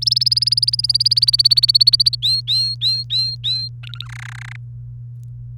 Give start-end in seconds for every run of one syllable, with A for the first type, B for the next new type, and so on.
0.02-2.15 A, 2.22-3.68 B, 3.83-4.05 C, 4.06-4.56 D